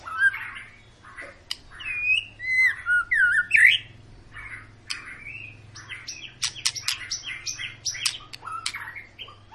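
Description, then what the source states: White-rumped shama song: looping bright whistles early, then a quick string of sharp clicking chips, with a faint low hum underneath. Long 'pancingan' lure song of a vigorously singing ('gacor') bird, used to prompt other birds to sing.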